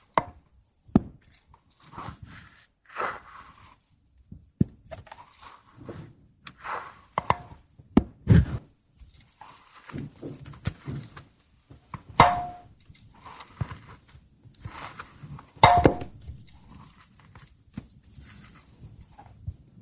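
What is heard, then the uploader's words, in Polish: Wooden sounds: irregular knocks, taps and scrapes of wood, some sharp clacks and others dull thuds. Louder strikes land near 1, 3, 8, 12 and 16 seconds, a few with a brief ringing tone, between quieter rustling handling noises. ZAŚNIJ PRZY DŹWIĘKACH DREWNA! ASMR po polsku.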